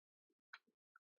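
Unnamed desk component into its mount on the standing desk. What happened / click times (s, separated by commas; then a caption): The desk part snapped into its seat / 0.5 s. A desk component on a Mount IT! standing desk that had not been seated properly is pushed back into its mount. A sharp click at 0.5 s seats it, with a few soft knocks around it and a brighter tick near 1.0 s.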